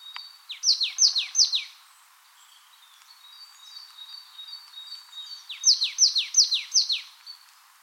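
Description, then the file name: Marsh tit: a short run of repeated downslurred notes, then thin high tones, then a second loud run of several notes. "Poecile palustris"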